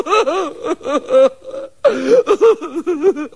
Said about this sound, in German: Weinen ist ja sehr schön, aber langweilig, wenn es keiner hört. Muss ich mal was anderes tun.